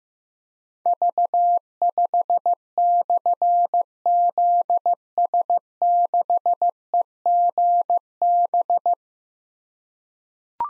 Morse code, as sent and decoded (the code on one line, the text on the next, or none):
...- ..... -..-. --.. ... -.... . --. -...
V5/ZS6EGB